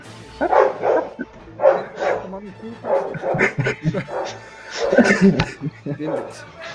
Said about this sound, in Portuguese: Todo dia que a gente vai jogar, esse corno vem latir.